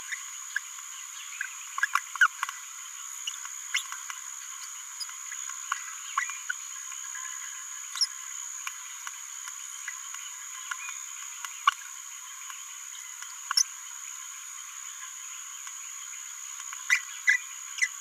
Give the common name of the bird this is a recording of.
Green-rumped Parrotlet